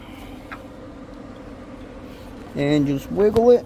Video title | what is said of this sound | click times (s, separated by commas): 2013 Audi A4 Quattro 2 0T Timing chain replacement | You'll hear it click. | 0.5 s